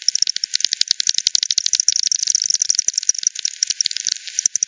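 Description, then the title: Bat echolocation pulses as a fast, fairly regular series of crisp clicks. Multiple bats by the Hogsmill River, Hogsmill Lane, 7 October 2020 at 18:10 Z; frequency-division (FD10) bat detector recording, bandpass filtered and resampled. "WW bat 20201007 T 18 : 10 Z-Hogsmill-Lane-Hogsmill-River-multiple-bats"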